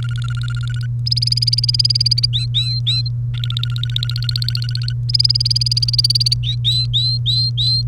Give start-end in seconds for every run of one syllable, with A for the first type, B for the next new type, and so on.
0.00-0.86 A, 1.06-2.26 B, 2.33-3.08 C, 3.34-4.93 A, 5.09-6.34 B, 6.43-7.82 C